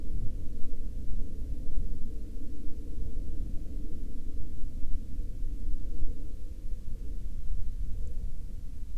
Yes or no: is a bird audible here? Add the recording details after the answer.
no. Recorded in the Prudhoe Bay oil fields, Alaska, on 10 July 2019 at 09:16. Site 13